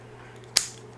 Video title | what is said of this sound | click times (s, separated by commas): GOPRO Karma Grip Product Review with FOOTAGE | just close the door and it'll snap into place there so | 0.6 s